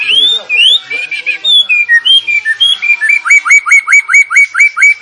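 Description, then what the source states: Sooty-headed bulbul in full song: varied warbled phrases giving way to a fast, regular string of similar rising notes. Vigorous 'gacor' singing, used to train cage birds.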